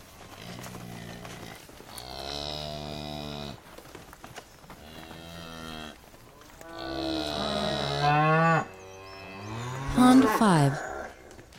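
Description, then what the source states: Cows mooing: several long, deep lowing calls one after another, the later ones louder, ending in a rough bellow. Cow herd movement.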